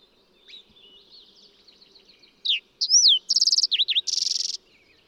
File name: Fox Sparrow